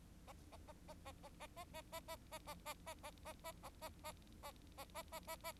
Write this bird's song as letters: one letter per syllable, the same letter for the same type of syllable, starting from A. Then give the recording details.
A A A A A A A A A A A A A A A A A A A A A A A A A A A. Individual Bird4